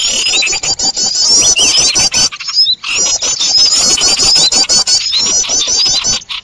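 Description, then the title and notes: Birds in a noisy, high-pitched chatter of quick squeaky trills and dense clicks, with a short break after two seconds. Noisy bird chatter, used as a lure for trapping birds. "Burung Ribut Pikat"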